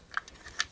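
A small plastic access door on the back of a solar panel, which covers the wiring connections, is pressed shut and snaps into place. Two sharp plastic clicks are heard at 0.2 s and 0.6 s, with fainter ticks in between and at the end. The door is seated closed over the connection compartment.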